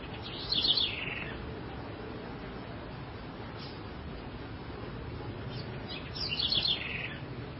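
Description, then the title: House wren song in two brief, quick chattering phrases about six seconds apart, with a constant low rumble underneath. "cURRUIRA"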